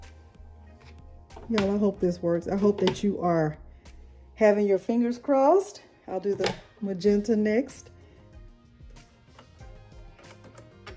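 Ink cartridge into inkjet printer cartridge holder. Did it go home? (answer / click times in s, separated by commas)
no / none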